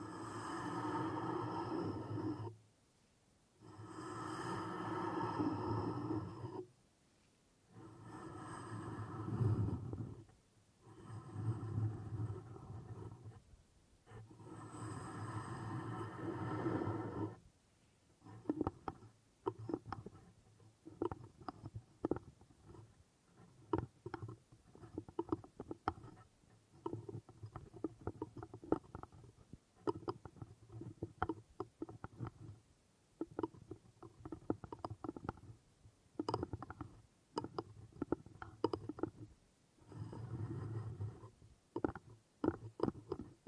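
Wood triggers: for the first seventeen seconds, long rubbing or scraping strokes on wood come in bursts of a few seconds, separated by brief silences. After that the sound turns to quick, irregular tapping and knocking, dense clusters of sharp clicks that continue to the end.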